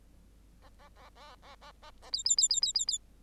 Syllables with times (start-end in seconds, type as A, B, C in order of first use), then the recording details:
0.62-0.69 A, 0.79-0.89 A, 0.96-1.09 A, 1.15-1.35 A, 1.42-1.55 A, 1.61-1.72 A, 1.82-1.91 A, 2.02-2.10 A, 2.12-2.23 B, 2.25-2.36 B, 2.37-2.48 B, 2.49-2.60 B, 2.62-2.72 B, 2.74-2.85 B, 2.87-2.98 B. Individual Bird8